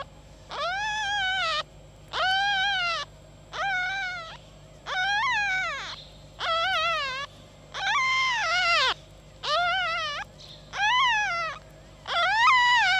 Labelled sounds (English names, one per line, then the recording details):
Red Fox
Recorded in captivity
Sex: female
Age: juvenile
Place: Zoologisches Institut der HUB, Berlin, DE
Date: 1956-04-01 13:00
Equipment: Elmetra
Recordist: Tembrock, Günter
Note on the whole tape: Zenzi-Welpen (Weibchen 2): Quärren